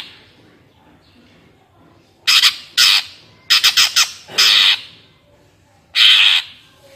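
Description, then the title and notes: Greater green leafbird delivering loud, grating squawks, singly and in rapid clusters, with pauses between bursts. Active singing bird with crest raised, in the ngentrok song style; recording made as a master track for training captive greater green leafbirds. "Cucak Ijo Gacor Ngentrok Jambul Nembak. suara burung cucak ijo gacor, merdu cocok buat masteran burung cucak ijo"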